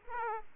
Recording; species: mosquito wingbeat signal from an infrared sensor; Aedes aegypti